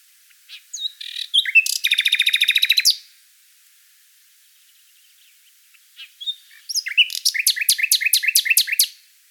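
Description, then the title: Common nightingale song in two phrases three seconds apart, each a fast, rattling run of rapidly repeated notes after a few varied whistles. "Sylvain Jaskowiak - Mes piafs. Rossignol Philomèle"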